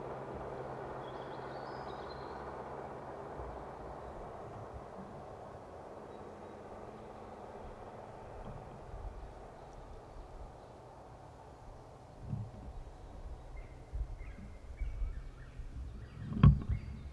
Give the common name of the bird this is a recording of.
Black Woodpecker